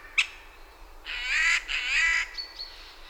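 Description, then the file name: Eurasian jay uttering two drawn-out rasping screeches back to back, followed by a couple of brief thin whistled notes. "Garrulus glandarius"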